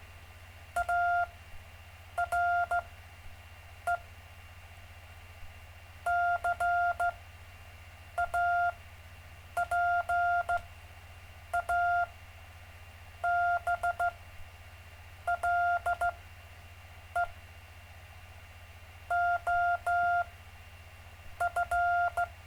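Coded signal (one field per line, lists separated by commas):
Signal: Morse code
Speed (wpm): 15 wpm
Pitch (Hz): 700 Hz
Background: none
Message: ARE CAPABLE OF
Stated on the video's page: Live stream of gentle Morse code practice.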